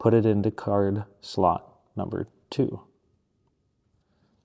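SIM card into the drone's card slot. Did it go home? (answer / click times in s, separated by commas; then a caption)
no / none. Someone talks while a SIM card is placed metal side down into card slot two of an XAG P100 Pro drone and lined up before being pushed in. After the talking ends there is near silence, with only a faint tick at the very end. Nothing has seated or clicked yet.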